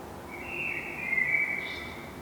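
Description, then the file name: Common blackbird making a sustained, thin high whistle that wavers in pitch for over a second, against faint background noise. "Turdus merula"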